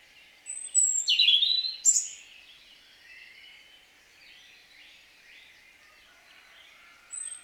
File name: Erithacus rubecula